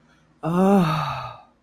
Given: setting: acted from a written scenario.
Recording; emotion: vocal sound without words; romantic love